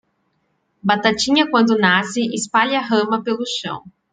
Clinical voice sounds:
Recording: short text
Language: Brazilian Portuguese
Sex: female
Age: 30 to 39 years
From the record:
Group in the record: control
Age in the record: 31 years

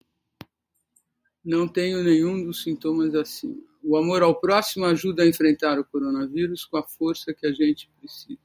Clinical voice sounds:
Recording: spoken sentence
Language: Brazilian Portuguese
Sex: male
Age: 70 to 79 years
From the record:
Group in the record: control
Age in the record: 70 years

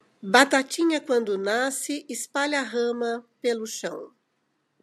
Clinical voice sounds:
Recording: short text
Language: Brazilian Portuguese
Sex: female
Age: 60 to 69 years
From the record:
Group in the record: control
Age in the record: 67 years

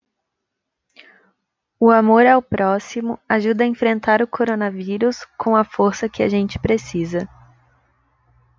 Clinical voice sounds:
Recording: spoken sentence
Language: Brazilian Portuguese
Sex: female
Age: 20 to 29 years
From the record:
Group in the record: control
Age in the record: 25 years

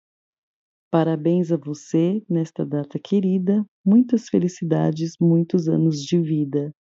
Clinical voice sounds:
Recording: short text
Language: Brazilian Portuguese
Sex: female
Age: 40 to 49 years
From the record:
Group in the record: control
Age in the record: 45 years

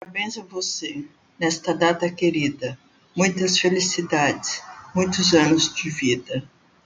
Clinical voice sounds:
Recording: short text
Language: Brazilian Portuguese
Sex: female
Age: 60 to 69 years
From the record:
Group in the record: control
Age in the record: 63 years

